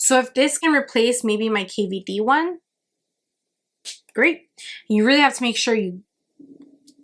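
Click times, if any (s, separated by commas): 6.9 s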